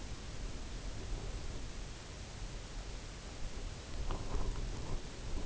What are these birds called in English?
none